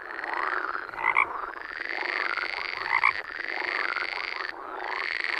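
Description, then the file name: Frogs croaking together in a thick, steady chorus, louder accented calls popping out about every two seconds above the constant churning sound. "Grenouille cri"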